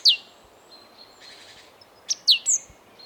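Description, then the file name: Great tit calls: sharp, high descending notes with a brief buzzy rattle between them, against a quiet background. "Parus major"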